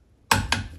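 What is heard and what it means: A click-type foot-pound torque wrench set to 50 ft-lb is slowly tightening the starboard center nut that holds a Mercruiser Alpha One outdrive to a boat. A sharp click at 0.3 s is followed by a second, softer click at 0.5 s. The wrench clicks at its set torque, confirming the nut is properly torqued to 50 ft-lb.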